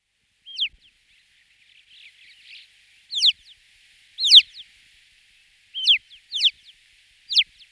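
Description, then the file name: Alpine chough giving several high, curving whistled notes, with faint buzzy notes between. Recorded in 2004. "roche 2004 alpendohle"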